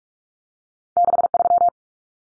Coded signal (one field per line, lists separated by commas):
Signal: Morse code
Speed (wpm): 44 wpm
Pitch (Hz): 700 Hz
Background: none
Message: 63